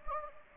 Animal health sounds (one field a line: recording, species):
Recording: mosquito wingbeat signal from an infrared sensor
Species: Anopheles gambiae